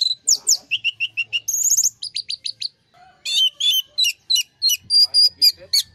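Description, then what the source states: Orange-headed thrush singing rapid series of bright repeated notes, shifting between sliding whistles and sharp chips, a short pause midway before another fast, high run. Master song used for training other birds.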